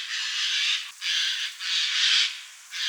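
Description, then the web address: Eurasian jay giving harsh, rasping screeches, four noisy bursts in three seconds with brief gaps between them. Slovenia. "slo birds Garrulus-glandarius"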